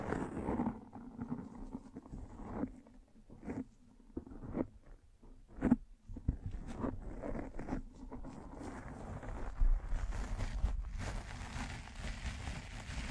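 Brushing and scratching on a microphone, with rough, rustling strokes and sharp scrapes at irregular intervals. The first half is sparser, with separate swipes around two to six seconds, then the scratching thickens into a dense, continuous rasp with a low rumble underneath.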